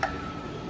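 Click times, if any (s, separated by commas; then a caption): 0.0 s. A new paper oil filter element for a 2015 Jeep Wrangler, with a little oil applied, is pressed onto the plastic filter housing cap until it snaps into place. A single sharp snap sounds at 0.0 s, followed by low, steady background noise with a faint, thin tone. The element is confirmed seated in the cap.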